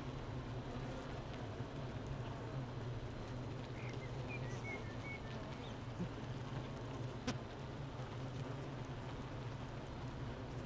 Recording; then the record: honeybee colony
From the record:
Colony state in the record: missing queen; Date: 31 May 2018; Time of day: 8:57